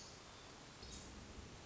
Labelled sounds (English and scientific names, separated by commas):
Hermit Thrush (Catharus guttatus)